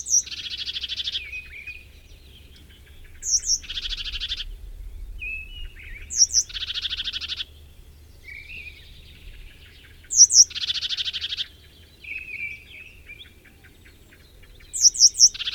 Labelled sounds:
Sombre Tit (Poecile lugubris)

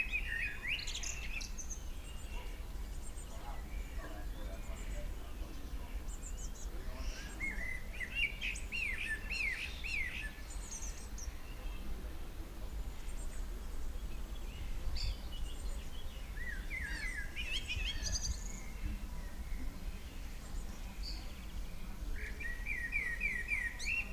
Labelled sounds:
Common Blackbird (Turdus merula) song

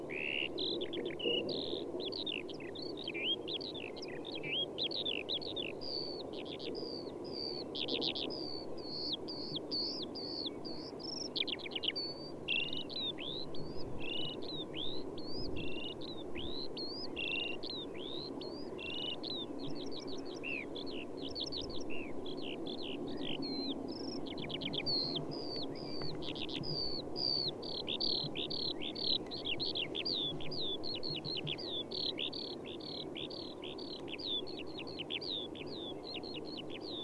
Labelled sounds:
Eurasian Skylark (Alauda arvensis) flight song

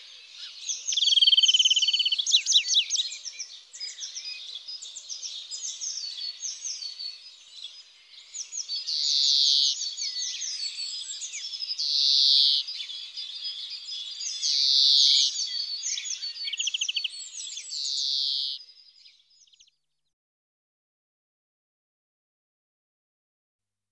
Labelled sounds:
European Greenfinch (Chloris chloris) song

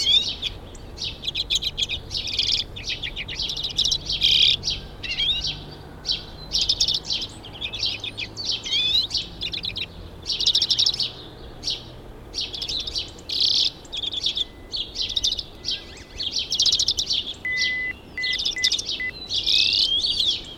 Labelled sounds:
Common Redpoll (Carduelis flammea) call

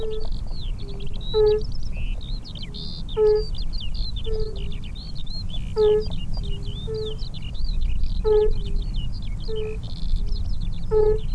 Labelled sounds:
Fire-Bellied Toad (Bombina bombina) call

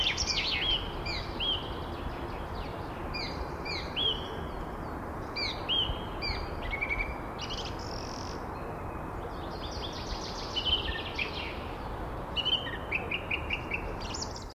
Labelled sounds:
Song Thrush (Turdus philomelos) song

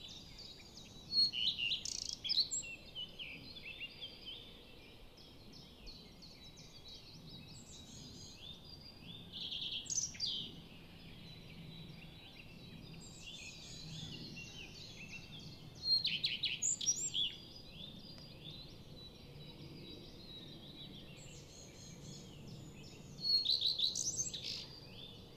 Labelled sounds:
Common Redstart (Phoenicurus phoenicurus) song

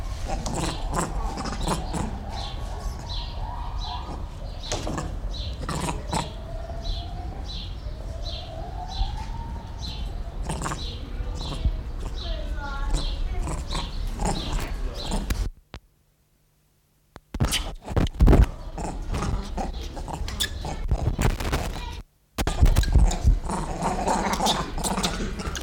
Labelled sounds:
Grivet (Chlorocebus aethiops)

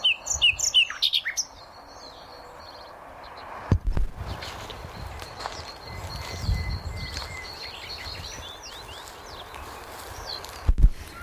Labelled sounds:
Eurasian Penduline Tit (Remiz pendulinus) call

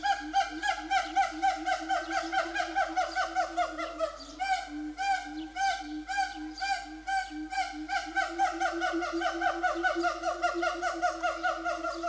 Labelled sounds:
Siamang (Symphalangus syndactylus)

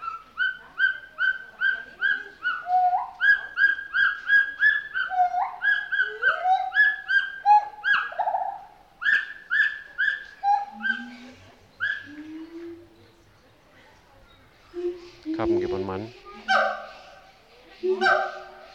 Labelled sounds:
Pileated Gibbon (Hylobates pileatus)

